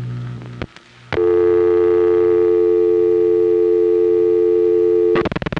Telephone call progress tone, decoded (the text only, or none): dial tone